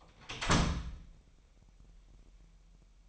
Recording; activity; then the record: daily activity, microphone in the room; close door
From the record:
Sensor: 1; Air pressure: 998.5 hPa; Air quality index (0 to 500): 128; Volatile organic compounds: 3 ppm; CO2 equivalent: 1534 ppm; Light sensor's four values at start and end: 20/65/26/27 and 20/65/26/27